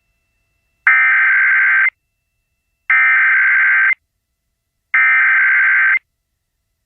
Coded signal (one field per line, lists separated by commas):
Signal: Emergency Alert System (SAME) tones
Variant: header bursts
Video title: H-TOWN HAVOC | EAS Alerts from 1/24/2023 (EAS #1769-1801)